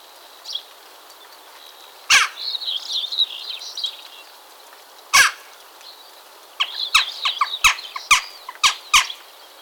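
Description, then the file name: Western jackdaw giving sharp, short calls: two loud isolated notes, then a quick irregular burst of clipped chak notes near the end, with softer high twittering between. "choucasdestours"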